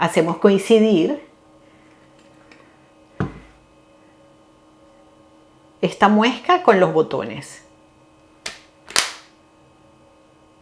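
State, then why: Seated. Someone talks while the motor body of a Cecotec Power Titan Black 1200 XL hand blender is lined up with its buttons and pushed onto a plastic attachment. A sharp click at 8.5 s marks it latching and seating fully, followed by another short knock just after 8.9 s.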